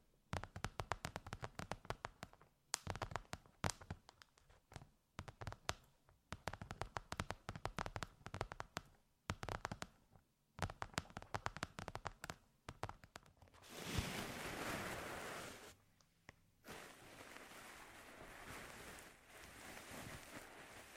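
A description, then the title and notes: Intense ear massage sounds: for the first thirteen seconds, dense crackling bursts of rapid clicks and crinkles arrive in clustered waves with brief gaps. After that comes a steady, bright rushing hiss, breaking off briefly near sixteen seconds before resuming to the end. ASMR Intense Ear Massage. (No Talking).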